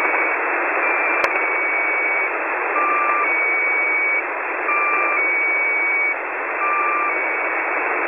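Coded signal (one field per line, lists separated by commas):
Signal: channel marker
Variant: Squeaky Wheel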